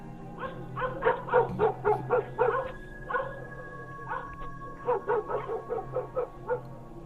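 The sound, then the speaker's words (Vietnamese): Two black dogs inside a house bark rapidly and relentlessly at a coffin, overlapping yaps and sharp barks coming in bursts with brief pauses, some higher-pitched yips and whines mixed in, over a low steady hum. “Dù cho ông cả có la có quát nhưng bảy chó vẫn cứ sủa rồi chu lên liên hồi.”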